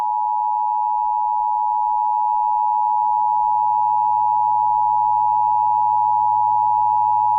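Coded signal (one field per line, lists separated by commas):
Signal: Emergency Alert System (SAME) tones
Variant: 853 and 960 Hz attention tone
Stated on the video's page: Severe thunderstorm warning from NWS Medford relayed by an FM station in Ashland, recorded from its online live stream.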